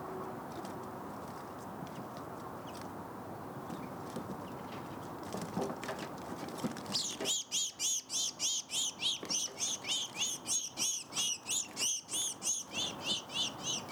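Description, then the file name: House sparrow: low noise at first, then a loud run of rapid repeated chirps, about three per second, from midway on. "Passer domesticus"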